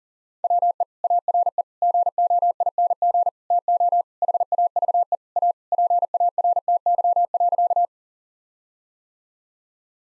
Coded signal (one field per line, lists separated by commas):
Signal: Morse code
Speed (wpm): 40 wpm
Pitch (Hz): 700 Hz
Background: none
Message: WE ARE GOING TO HAVE A PARTY.